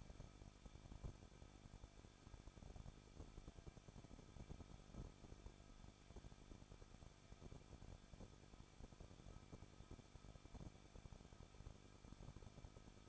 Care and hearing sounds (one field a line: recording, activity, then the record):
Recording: daily activity, microphone in the room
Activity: no activity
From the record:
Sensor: 5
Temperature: 20.9 degrees Celsius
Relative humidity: 38.2%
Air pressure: 1006.4 hPa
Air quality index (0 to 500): 187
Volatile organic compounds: 18 ppm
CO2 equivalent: 2622 ppm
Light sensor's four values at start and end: 2/3/1/1 and 2/3/1/1